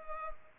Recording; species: mosquito wingbeat signal from an infrared sensor; Culex pipiens